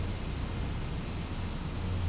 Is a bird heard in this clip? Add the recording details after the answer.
no. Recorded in pastures near Puerto Asís, Putumayo, Colombia, on 21 December 2024 at 12:00. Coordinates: 0.505, -76.324. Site G063